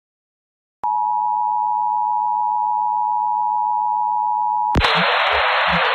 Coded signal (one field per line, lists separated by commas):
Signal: Emergency Alert System (SAME) tones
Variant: 853 and 960 Hz attention tone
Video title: EAS- Kern County Required Monthly Test (RMT) on KNZR-AM (6/29/23)